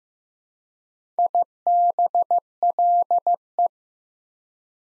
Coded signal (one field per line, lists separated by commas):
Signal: Morse code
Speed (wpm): 15 wpm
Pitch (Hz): 700 Hz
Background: none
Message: IBLE